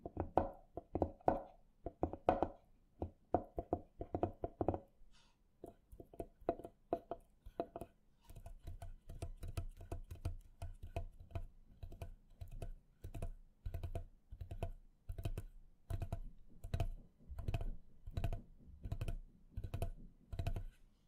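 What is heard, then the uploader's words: Hands tap in quick bursts, a dense run of sharp knocks in the first five seconds, then sparser, evenly spaced taps with a soft scratchy rustle underneath. The sound is dry, like fingertips on a hard surface. ASMR Invisible Triggers Tapping, scratching, squeezing, stroking Hand movements (no talking).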